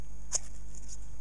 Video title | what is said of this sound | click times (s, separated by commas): About Radio ... Part 19 More on repairing Wafer Switchers | i've put it in now and come closer to the microphone i want to pull it out and you'll hear it go click | 0.4 s